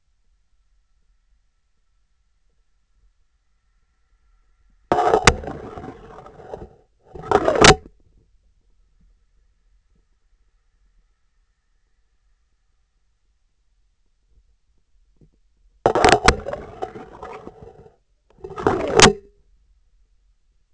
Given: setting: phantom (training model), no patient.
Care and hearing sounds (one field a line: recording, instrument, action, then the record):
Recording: laparoscopic instrument, vibration sensor on the handle end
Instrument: scissors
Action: insertion and removal through the trocar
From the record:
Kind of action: spatial motion